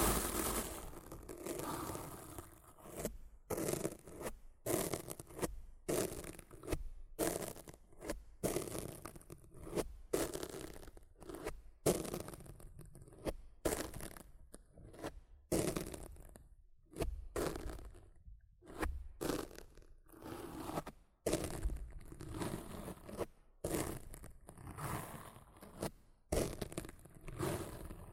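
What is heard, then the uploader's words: Rough scratching and brushing on a microphone, dense gritty bursts separated by frequent brief silences, irregular and fast throughout, with crackling texture. ASMR Rough Mic Scratching & Brushing (No Talking).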